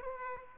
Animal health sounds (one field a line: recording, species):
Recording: mosquito wingbeat signal from an infrared sensor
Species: Aedes aegypti